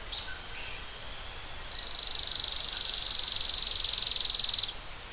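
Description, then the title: Bird trill: a couple of short high notes, then a long, evenly pulsed buzzy trill at high pitch lasting about three seconds. "LuckyPassaro Completos2Sama"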